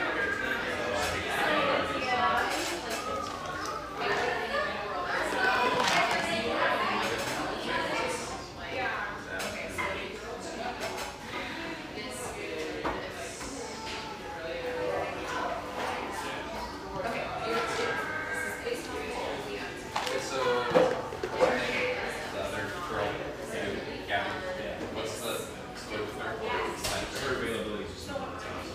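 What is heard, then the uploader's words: A busy surf-shack café hums with many overlapping voices chattering at once without pause. Occasional sharp clinks of dishes and cups cut through the steady crowd murmur, which swells slightly early on and stays dense throughout. Sausalito, California. Bubbly surf-shack-meets-espresso-bar in one of sunny Marin's best towns.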